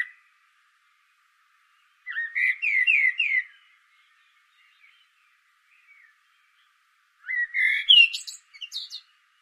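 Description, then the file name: Common blackbird singing two phrases several seconds apart, each a run of mellow descending whistles, the second ending in a high, scratchy twitter. "Turdus merula"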